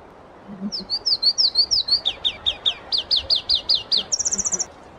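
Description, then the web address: Pallas's leaf warbler song: high repeated notes in several sections that shift in pitch, ending with a fast thin trill. Listvyanka, 25 June 2012. "June 25 2012 Phproregulus Listvyanka"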